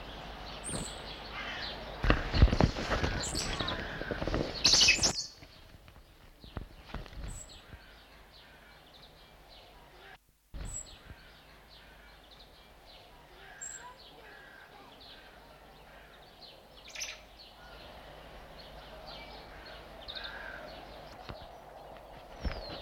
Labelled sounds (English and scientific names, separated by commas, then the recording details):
Common Squirrel Monkey (Saimiri sciureus)
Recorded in captivity
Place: Zoo Berlin, Berlin, DE
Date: 1989-03-08 13:41
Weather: leicht bedeckt, 4-8°C
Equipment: Sony WM-D6C, Kopie 19 cm
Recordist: Tembrock, Günter